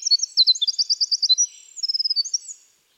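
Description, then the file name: Winter wren singing a fast, high-pitched cascade of buzzy trills and clear chips that breaks off abruptly after about two and a half seconds. "Troglodytes hiemalis - Winter Wren"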